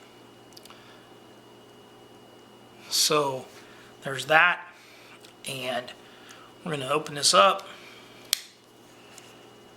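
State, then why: Seated. Someone talks while opening a metal-handled Victorinox 2023 Limited Edition Hunter Pro folding hunting knife. At 8.3 s the blade snaps into its lock in the handle with a sharp, loud click, and the blade is locked open.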